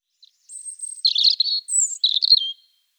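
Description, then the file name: European robin song: a thin, high phrase of sustained whistles and jumbled trills. "erithacus rubecula"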